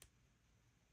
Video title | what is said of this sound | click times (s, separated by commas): Look how I transformed these Amazon Beads | There he is. You hear that click? | 0.0 s